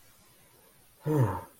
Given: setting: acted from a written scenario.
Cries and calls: vocal sound without words; romantic love

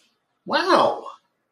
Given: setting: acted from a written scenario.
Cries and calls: vocal sound without words; positive surprise

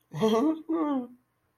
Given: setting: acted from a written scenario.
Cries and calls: vocal sound without words; confusion

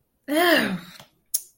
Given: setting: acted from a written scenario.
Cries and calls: vocal sound without words; shame

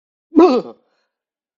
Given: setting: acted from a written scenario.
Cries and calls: vocal sound without words; negative surprise

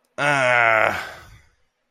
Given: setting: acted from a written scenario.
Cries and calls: vocal sound without words; shame

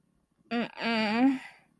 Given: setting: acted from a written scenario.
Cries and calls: vocal sound without words; desire

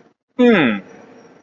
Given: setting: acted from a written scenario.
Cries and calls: vocal sound without words; interest

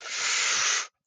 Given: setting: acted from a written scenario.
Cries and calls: vocal sound without words; fear

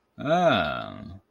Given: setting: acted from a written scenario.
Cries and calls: vocal sound without words; desire

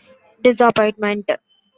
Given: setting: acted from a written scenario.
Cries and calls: vocal sound without words; disappointment

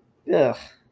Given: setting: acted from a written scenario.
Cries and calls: vocal sound without words; disgust

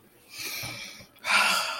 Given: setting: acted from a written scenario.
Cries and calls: vocal sound without words; embarrassment

